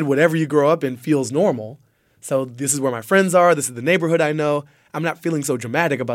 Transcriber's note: none